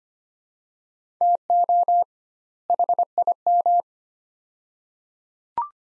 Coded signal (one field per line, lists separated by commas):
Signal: Morse code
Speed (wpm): 25 wpm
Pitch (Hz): 700 Hz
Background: none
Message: TO HIM